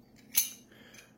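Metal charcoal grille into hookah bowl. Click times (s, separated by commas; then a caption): 0.4 s. A removable metal charcoal grille is clipped back inside the bowl of an Oduman Ignis REVO hookah and turned. A sharp metallic click sounds at 0.4 s, followed by a faint, softer sound around 0.7 s. The grille seats in the bowl.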